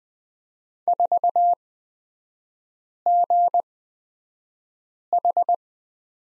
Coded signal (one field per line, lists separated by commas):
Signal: Morse code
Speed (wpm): 20 wpm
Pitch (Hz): 700 Hz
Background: none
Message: 4GH